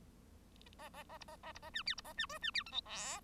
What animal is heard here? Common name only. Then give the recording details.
Bengalese Finch. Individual Bird1